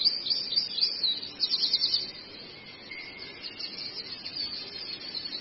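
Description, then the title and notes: Long-tailed shrike song: a lively run of high chirps and twitters at the start, then quieter, scattered notes over a light hiss. Training recording (masteran) of the long-tailed shrike for teaching songbirds. "Cendet 04. Masteran Burung Cendet"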